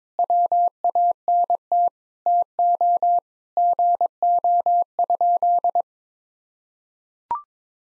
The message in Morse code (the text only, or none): WANT TO GO?